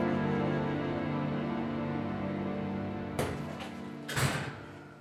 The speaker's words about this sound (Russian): Юра открывает дверь.